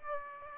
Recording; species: mosquito wingbeat signal from an infrared sensor; Aedes aegypti